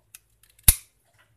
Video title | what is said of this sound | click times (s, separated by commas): Buck X-Tract Fin. | heard it click right there and that's that's when we release and let you use these are spring-loaded and it | 0.7 s